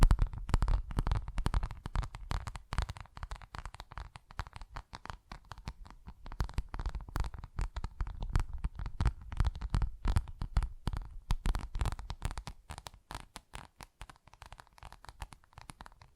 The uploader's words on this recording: ASMR Tingly Textures Tapping and Scratching No Talking.